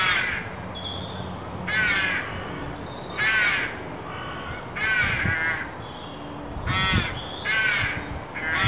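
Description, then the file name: Carrion crow caws repeated in a series, coarse and nasal, over low background rumble. "Corvus corone"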